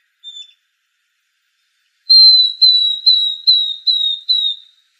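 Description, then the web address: Northern beardless-tyrannulet call, one short high whistle followed by a run of six clear, slightly falling piped notes a little under half a second apart. Recorded in Arizona on 2 May 2004. "Flycatchers NBTY 050204. deviche"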